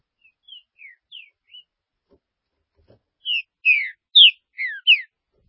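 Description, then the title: Green-winged saltator song: a soft run of short slurred whistles, a pause, then a louder phrase of five strong, falling whistled notes. "Trinca Ferro"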